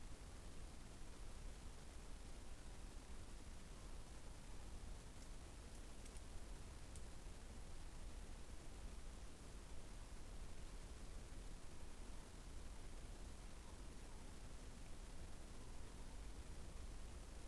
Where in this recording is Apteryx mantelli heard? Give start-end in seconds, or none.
none